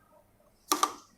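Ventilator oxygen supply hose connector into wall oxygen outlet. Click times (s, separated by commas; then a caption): 0.7 s. A hexagonal oxygen supply hose connector for a Newport e360T ventilator is lined up by its six-sided angle and pushed into a wall oxygen outlet. It clicks into place at 0.7 s, followed by a second sharp snap at 0.8 s. The connector is seated.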